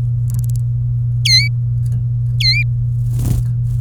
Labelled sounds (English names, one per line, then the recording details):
Domestic Canary song
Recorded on 23 April 2018 at 16:20
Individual llb3